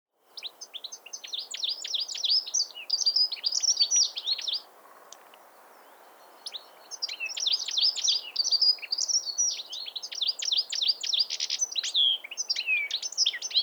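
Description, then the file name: European Goldfinch giving two bursts of rapid, bright twittering, broken by a short pause near the middle. "Carduelis carduelis"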